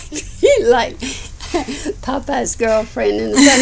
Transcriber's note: laughs